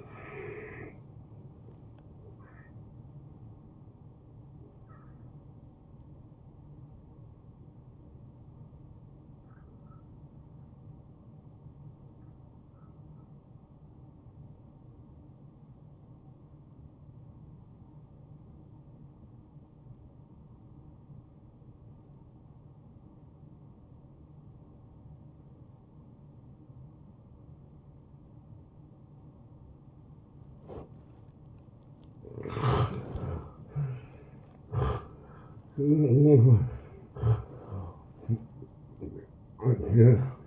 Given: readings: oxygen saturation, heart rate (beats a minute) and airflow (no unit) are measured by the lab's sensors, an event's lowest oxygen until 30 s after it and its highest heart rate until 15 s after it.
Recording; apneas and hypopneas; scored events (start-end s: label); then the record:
breathing in sleep by a smartphone at the bedside; 1
6.00-31.50 s: hypopnea (N1, oxygen 93% highest, then 86% lowest)
From the record:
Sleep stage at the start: N1 (lightest sleep); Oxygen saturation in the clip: 87 to 93%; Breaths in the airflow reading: 7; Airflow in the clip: -15.2 to 8.3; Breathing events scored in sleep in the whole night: 263 in 5.5 hours asleep